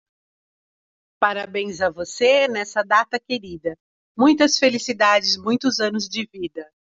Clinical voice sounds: short text; Brazilian Portuguese; female; 50 to 59 years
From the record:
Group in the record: control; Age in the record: 58 years

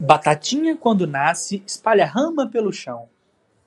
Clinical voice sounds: short text; Brazilian Portuguese; male; 20 to 29 years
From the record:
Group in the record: control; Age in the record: 21 years

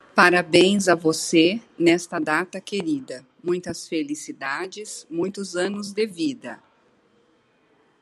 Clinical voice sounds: short text; Brazilian Portuguese; female; 60 to 69 years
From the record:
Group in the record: control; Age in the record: 60 years

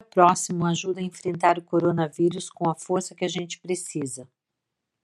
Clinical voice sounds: spoken sentence; Brazilian Portuguese; female; 50 to 59 years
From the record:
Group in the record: control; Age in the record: 58 years

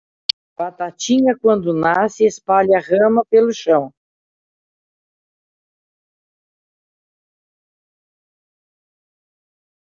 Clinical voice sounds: short text; Brazilian Portuguese; female; 50 to 59 years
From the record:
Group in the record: control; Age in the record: 59 years

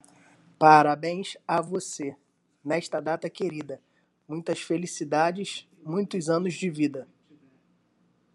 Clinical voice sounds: short text; Brazilian Portuguese; male; 20 to 29 years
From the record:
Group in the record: control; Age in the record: 25 years

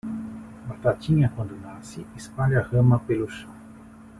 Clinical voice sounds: short text; Brazilian Portuguese; male; 50 to 59 years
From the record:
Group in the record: control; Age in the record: 53 years

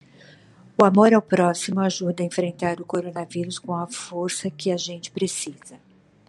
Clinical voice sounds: spoken sentence; Brazilian Portuguese; female; 60 to 69 years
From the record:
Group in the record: control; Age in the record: 62 years

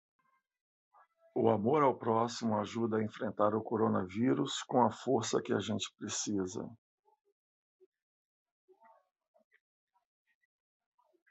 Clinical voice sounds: spoken sentence; Brazilian Portuguese; male; 50 to 59 years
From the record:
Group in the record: control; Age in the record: 58 years

